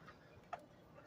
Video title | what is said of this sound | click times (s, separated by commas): 9.9 Johnson outboard water pump tear down . | I want this to be straight. Locks in place. | 0.5 s